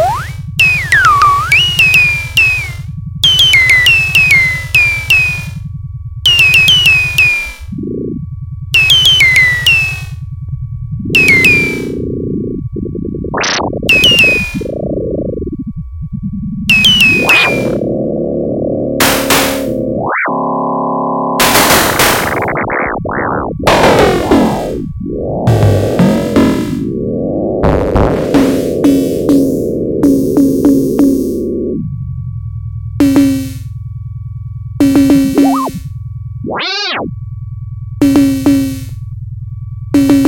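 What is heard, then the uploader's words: A mix of environmental sounds and hard blips: short bright chirping bursts repeat in quick groups at the start and end, with a steady low hum beneath. The middle turns into sweeping, bending tones and thick layered noise before the blips return. The transmissions are a mix of environmental sounds and these hard blips.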